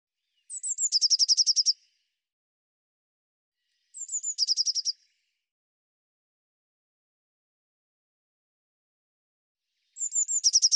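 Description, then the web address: Eurasian blue tit giving three phrases, each a few high, thin, falling whistles running into a fast, churring series of buzzy pulses. The phrases are separated by several seconds of silence. "cianscape birddata Deverinetal 2025 File cleaned normalized Bird Cy Ca"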